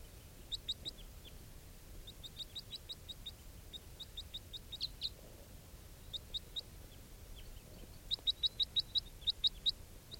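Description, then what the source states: Crossbill calls: short sharp high chips in quick bursts, scattered throughout and denser near the end, over low background rumble. Wild flock that just landed nearby, including bright red males and begging juveniles; four brown and two red birds seen.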